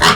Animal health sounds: pig call; piglet (1 to 25 days)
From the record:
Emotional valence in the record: positive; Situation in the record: reunion after long isolation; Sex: female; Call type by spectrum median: low-frequency call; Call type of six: low-frequency tonal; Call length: 0.15 s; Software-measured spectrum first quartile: 1035 Hz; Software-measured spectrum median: 1855 Hz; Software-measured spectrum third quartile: 3743 Hz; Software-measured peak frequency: 1156 Hz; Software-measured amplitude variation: 61 dB a second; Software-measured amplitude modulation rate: 16.4 a second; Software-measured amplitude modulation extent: 3.7 dB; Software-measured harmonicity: -0.8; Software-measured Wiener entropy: -1.29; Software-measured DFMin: 928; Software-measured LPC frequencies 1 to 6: 1176, 1829, 2985, 4190, 5263, 6859 Hz

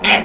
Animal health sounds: pig call; piglet (1 to 25 days)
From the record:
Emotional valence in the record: negative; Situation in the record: crushing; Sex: female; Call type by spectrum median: low-frequency call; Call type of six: low-frequency tonal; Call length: 0.25 s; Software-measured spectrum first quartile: 768 Hz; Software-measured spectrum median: 1977 Hz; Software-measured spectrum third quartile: 2674 Hz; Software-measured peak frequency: 2437 Hz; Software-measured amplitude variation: 128 dB a second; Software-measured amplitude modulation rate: 14.0 a second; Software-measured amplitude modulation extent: 9.1 dB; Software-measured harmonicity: 0.1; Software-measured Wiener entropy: -1.22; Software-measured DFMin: 721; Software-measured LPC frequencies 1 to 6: 739, 2426, 3292, 4519, 6260, 7013 Hz

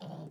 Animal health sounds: pig call; piglet (1 to 25 days)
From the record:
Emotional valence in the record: negative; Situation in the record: long isolation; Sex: female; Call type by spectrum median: low-frequency call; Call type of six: low-frequency stable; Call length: 0.32 s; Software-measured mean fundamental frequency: 74 Hz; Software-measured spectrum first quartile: 170 Hz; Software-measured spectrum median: 329 Hz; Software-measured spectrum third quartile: 803 Hz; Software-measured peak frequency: 168 Hz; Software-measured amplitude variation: 133 dB a second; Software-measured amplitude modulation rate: 17.5 a second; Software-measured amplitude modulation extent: 7.6 dB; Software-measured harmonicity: 2.9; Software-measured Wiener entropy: -0.39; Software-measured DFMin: 931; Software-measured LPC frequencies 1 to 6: 677, 3027, 3533, 4504, 5746, 6851 Hz

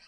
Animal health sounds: pig call; piglet (1 to 25 days)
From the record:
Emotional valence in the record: positive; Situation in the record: reunion after long isolation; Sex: female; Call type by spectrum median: high-frequency call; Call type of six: low-frequency tonal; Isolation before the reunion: 8 minutes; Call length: 0.08 s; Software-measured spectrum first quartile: 1987 Hz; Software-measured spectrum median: 3660 Hz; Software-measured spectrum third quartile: 4822 Hz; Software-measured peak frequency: 4631 Hz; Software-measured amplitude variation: 53 dB a second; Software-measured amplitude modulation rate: 6.0 a second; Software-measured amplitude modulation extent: 8.7 dB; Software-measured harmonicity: 1.4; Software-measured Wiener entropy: -1.32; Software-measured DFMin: 489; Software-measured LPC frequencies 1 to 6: 1180, 1663, 2513, 4258, 4741, 5344 Hz

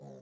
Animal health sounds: pig call; piglet (1 to 25 days)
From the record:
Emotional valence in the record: negative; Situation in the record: short isolation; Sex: female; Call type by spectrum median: low-frequency call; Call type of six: low-frequency stable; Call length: 0.22 s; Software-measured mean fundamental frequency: 65 Hz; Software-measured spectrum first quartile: 175 Hz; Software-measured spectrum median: 364 Hz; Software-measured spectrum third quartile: 606 Hz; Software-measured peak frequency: 525 Hz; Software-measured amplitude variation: 62 dB a second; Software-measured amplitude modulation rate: 24.6 a second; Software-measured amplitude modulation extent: 2.5 dB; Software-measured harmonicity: 0.3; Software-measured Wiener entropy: 0.31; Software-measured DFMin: 1364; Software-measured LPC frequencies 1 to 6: 562, 1802, 3796, 4450, 5642, 6394 Hz

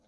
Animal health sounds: pig call; piglet (1 to 25 days)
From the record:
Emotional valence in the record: positive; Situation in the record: short reunion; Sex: male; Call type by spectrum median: low-frequency call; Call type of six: low-frequency stable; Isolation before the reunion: 3 minutes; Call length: 0.09 s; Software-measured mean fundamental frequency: 37 Hz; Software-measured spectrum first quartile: 350 Hz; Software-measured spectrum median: 731 Hz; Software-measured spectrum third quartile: 3635 Hz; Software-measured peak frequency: 206 Hz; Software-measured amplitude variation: 52 dB a second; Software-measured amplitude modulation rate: 5.9 a second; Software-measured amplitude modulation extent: 8.8 dB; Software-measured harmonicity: 1.1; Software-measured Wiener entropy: -2.62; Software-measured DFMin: 419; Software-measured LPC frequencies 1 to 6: 573, 3577, 4007, 5844, 6460, 7686 Hz

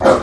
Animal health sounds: pig call; growing-finishing pig (85 days or more)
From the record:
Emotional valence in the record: positive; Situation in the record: run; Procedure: transit

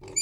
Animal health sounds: pig call; weaner (32 to 43 days)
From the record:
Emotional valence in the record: negative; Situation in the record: long isolation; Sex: female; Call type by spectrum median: high-frequency call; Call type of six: mixed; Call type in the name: high-frequency modulated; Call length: 0.22 s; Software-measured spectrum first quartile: 3750 Hz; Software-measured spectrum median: 6320 Hz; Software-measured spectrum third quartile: 7338 Hz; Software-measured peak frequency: 7042 Hz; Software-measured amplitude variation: 180 dB a second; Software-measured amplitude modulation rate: 20.3 a second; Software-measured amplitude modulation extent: 8.9 dB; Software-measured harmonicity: 19.4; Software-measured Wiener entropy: -4.82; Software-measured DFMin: 1406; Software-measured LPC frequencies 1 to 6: 392, 2333, 4537, 4782, 6985, 7129 Hz

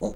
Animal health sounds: pig call; piglet (1 to 25 days)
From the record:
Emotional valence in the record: negative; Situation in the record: long isolation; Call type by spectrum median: low-frequency call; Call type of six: low-frequency stable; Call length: 0.16 s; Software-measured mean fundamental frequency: 52 Hz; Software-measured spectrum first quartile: 206 Hz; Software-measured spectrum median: 423 Hz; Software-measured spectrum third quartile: 624 Hz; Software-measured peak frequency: 207 Hz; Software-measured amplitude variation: 146 dB a second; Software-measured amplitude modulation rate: 3.1 a second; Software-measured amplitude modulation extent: 46.5 dB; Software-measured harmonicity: 1.0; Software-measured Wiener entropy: -0.34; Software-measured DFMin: 1172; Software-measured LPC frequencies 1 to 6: 529, 4007, 6235, 6713, 8251, 9634 Hz

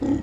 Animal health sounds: pig call; growing-finishing pig (85 days or more)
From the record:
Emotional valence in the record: negative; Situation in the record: barren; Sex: female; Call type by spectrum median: low-frequency call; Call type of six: low-frequency stable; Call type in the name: low-frequency stable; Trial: 1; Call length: 0.22 s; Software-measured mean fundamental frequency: 44 Hz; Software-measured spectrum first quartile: 234 Hz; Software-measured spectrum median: 289 Hz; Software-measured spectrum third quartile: 372 Hz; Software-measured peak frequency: 283 Hz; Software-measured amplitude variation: 154 dB a second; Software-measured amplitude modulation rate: 22.3 a second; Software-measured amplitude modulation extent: 6.9 dB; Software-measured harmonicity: 6.3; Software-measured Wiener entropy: -0.93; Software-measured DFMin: 999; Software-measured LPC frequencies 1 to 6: 307, 1902, 3284, 3911, 5025, 6039 Hz

